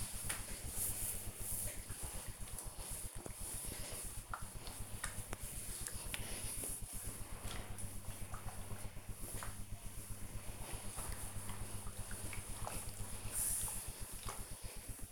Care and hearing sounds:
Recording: household activities, microphone on the right wrist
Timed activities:
0.00-15.12 s: ironing laundry

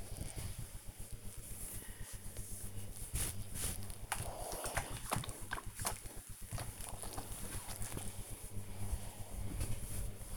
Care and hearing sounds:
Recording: household activities, microphone on the right wrist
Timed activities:
0.00-10.37 s: ironing laundry

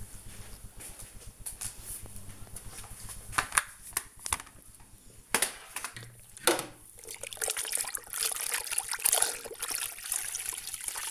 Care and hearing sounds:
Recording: household activities, microphone on the right wrist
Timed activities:
0.00-11.11 s: floor cleaning

